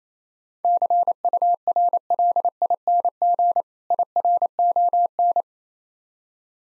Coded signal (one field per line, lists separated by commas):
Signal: Morse code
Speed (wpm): 28 wpm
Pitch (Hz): 700 Hz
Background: none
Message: CURLING IRON